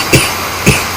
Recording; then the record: coughing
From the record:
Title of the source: Dry Afternoon Cough